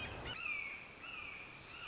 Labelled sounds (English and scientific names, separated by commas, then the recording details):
Red-shouldered Hawk (Buteo lineatus)
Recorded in Sonoma County, California